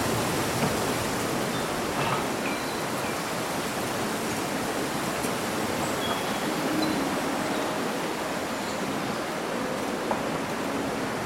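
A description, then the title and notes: Leaves rustle in a breeze in a steady, dense wash of hiss that stays level for the whole stretch, with no clear gusts rising or falling. Faint, brief bird chirps poke through now and then, high and thin above the rustling. Breezy Summer Day Rustling Leaves and Birdsong.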